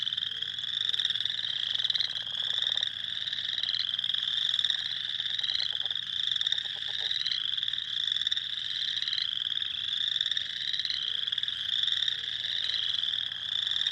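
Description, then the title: Spring peepers in full chorus, a continuous shrill mass of high peeps, with a faint low rattling sound underneath early on and again midway. Recorded on 6 April 2021. "2021-04-06-Spring-Peepers"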